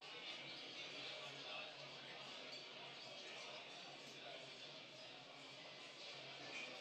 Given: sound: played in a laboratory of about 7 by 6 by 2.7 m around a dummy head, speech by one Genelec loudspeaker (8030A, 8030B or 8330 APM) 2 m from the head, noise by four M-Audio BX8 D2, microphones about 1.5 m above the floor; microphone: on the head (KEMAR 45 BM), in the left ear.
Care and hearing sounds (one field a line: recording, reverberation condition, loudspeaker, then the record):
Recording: cafeteria noise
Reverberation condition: medium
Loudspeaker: four, about 170 cm from the corners of the room and facing them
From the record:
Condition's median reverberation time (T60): about 510 ms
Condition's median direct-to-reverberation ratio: about -0.5 dB